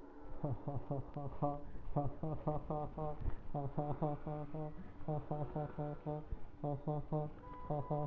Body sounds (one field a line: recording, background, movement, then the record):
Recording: laughter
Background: traffic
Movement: sitting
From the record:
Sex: male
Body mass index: 23.7 kg/m2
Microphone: on the chest, facing the body